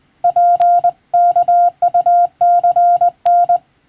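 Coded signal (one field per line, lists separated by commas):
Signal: Morse code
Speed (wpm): 20 wpm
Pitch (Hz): 700 Hz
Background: none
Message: PKUCN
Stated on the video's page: Morse practice in the style of the radiotelegraph operator licence exam, sending from a European-language telegram practice book, by a first-class radiotelegraph operator.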